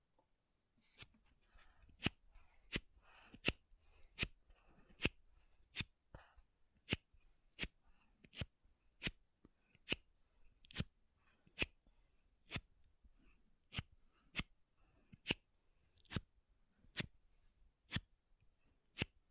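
Makeup tapping and scratching: sharp, bright taps land at a steady pace, roughly one or two per second, for the whole clip. Between the early taps, light scratchy rustling fills the gaps, thinning out after the first half, with a soft low rumble underneath.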